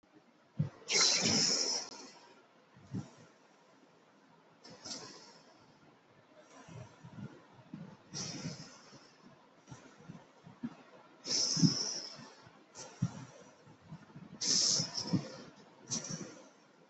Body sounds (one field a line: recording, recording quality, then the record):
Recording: deep breathing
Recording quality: excellent, no background noise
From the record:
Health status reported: healthy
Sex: male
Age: 18 years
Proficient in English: yes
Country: India